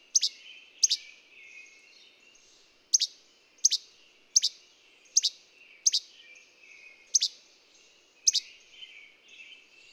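Bird song with crisp, high double chirps that sweep downward, spaced irregularly around a second apart, and quieter warbling filling the gaps.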